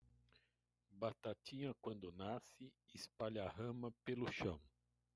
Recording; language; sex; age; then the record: short text; Brazilian Portuguese; male; 60 to 69 years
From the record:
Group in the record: control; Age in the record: 60 years